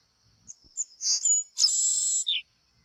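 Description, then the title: Great kiskadee song: a few short high notes, then a loud harsh buzzy phrase followed by a brief falling note, all within about two seconds. Song in nature in Brazil. "O CANTO DO BEM TE VI NA NATUREZA Aves Do Brasil"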